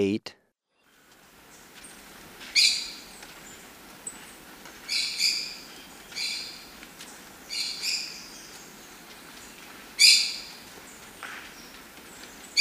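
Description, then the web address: Maroon-tailed parakeet giving harsh, screechy calls, singly or in close pairs, spaced a few seconds apart, with a quiet steady background hiss. Ecuador. "Birds of Ecuador. Maroon-tailed Parakeet"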